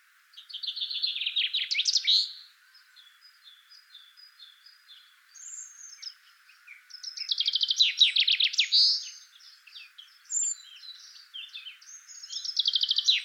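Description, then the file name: Common chaffinch singing three descending trilled phrases, each ending in a flourish, the last cut off at the end, with faint chirps in the pauses. "Fringilla coelebs"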